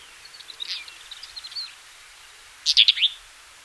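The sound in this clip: Black-eared wheatear with a soft twittering run of thin notes, then a loud, abrupt cluster of harsh rasping notes near the end.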